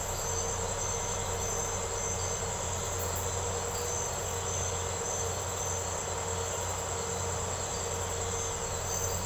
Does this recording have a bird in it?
no